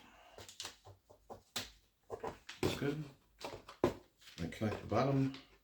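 Someone talks while handling the plastic bottom piece of a Hot Wheels Whip Around Raceway toy race track, getting ready to connect it into the playset base, with short knocks and taps of plastic between the words. The piece has not seated or clicked yet.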